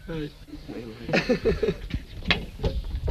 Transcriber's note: laughs